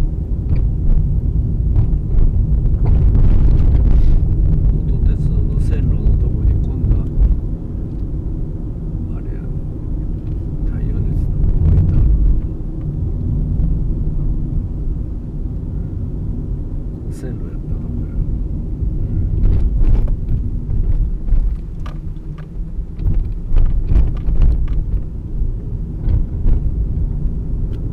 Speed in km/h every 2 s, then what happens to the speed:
27, 28, 29, 31, 32, 32, 31, 29, 28, 27, 22, 19, 21, 29.
0-11 steady at about 29. 11-22 slows to 19. 22-28 speeds up to 29.